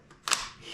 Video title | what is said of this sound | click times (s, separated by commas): WW3 and Mag reloads/Go to rifle SHTF Be prepared for WAR🇺🇸🚨 | When you feel it click or hear it click and look on the range | 0.3 s